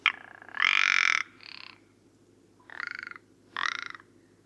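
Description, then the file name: Rock ptarmigan giving harsh, rattling croaks: a long grating burst, then a shorter one, then two more rattles about a second apart. Recorded at Karwendelspitze on 6 July 2014. "Alpenschneehuhn. Karwendelspitze. Michle Pron"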